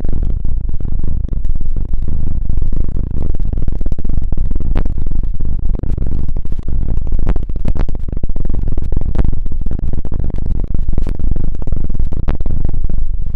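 Deep ear cleaning sounds fill the clip with a dense, steady rumble and muffled rubbing low in the range. Sharp clicks and crackles cut through irregularly, several per second, some brighter than others, with no pauses throughout.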